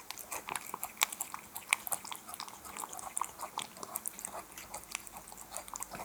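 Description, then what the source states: Cat eating wet food: an uneven series of wet, smacking chewing clicks. Domestic cat eating wet food.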